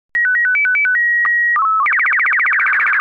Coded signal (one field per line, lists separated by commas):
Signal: SSTV (slow-scan television)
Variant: Robot BW 8